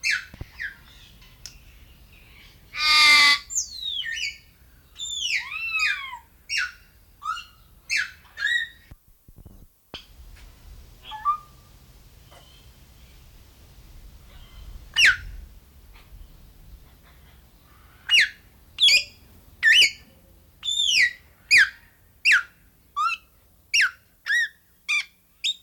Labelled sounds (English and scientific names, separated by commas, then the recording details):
Red-fronted Macaw (Ara rubrogenys)
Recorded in captivity
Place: Zoo Berlin, Berlin, DE
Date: 1995-07-22 18:49
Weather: heiter, 20-22°C
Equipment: Sony WM-D6C, Sennheiser ME 80, Kopie Uher 4000 Report Monitor
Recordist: Tembrock, Günter